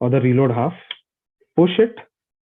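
Someone talks while a reload cartridge is handled for a surgical stapler half, slid in at a 30° angle toward the end of the stapler half and ready to be pushed. Nothing has seated or clicked yet.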